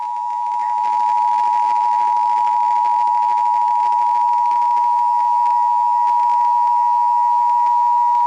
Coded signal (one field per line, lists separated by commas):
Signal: Emergency Alert System (SAME) tones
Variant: 853 and 960 Hz attention tone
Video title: GOOD MORNING! HAVE SOME DAVIDSON... EAS Alerts from 8/2/18 (EAS #1,517 - 1,535)